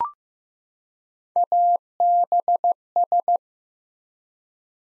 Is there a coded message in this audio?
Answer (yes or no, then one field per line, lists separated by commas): yes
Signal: Morse code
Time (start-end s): 1.4-3.4 s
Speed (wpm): 15 wpm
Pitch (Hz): 700 Hz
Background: none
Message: ABS